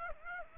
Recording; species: mosquito wingbeat signal from an infrared sensor; Aedes aegypti